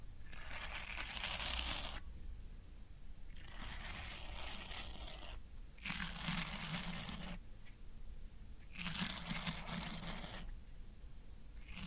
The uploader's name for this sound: Satisfying Tingle Stimulating Floral Foam Sounds